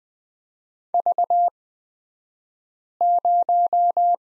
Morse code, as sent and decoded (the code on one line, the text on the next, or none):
...- -----
V0